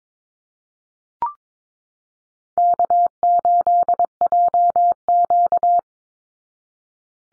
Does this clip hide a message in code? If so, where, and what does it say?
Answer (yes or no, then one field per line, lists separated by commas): yes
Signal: Morse code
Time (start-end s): 2.6-5.8 s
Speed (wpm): 22 wpm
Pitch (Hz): 700 Hz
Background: none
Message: K8JQ